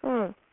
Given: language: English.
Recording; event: throat vibration sensor signal played as sound; speech